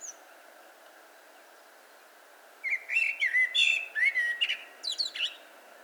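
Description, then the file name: Eurasian blackbird song: after about two and a half seconds of quiet, a mellow fluted warble of low whistles runs into thin, squeaky high twitters, over a faint steady hum. "Turdus merula"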